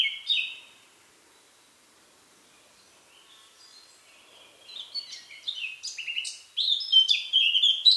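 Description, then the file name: Eurasian blackcap song fragment: a brief phrase, a long quiet pause, then a soft warble that turns loud and fluting at the end. "Sylvia atricapilla"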